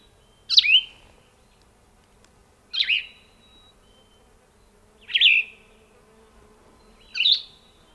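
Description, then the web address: Plumbeous vireo song, short burry phrases repeated about every two to two and a half seconds, four in all, against a low steady hum. Grand Canyon, April 1999. "plumbeous vireo 1999-04 plumbious vireo song grand canyon"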